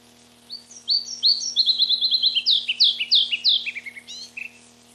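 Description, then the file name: Red-breasted flycatcher song with accelerating high whistled notes, a quick trill, then louder descending doubled notes tapering off, against a constant low hum. "Mparva"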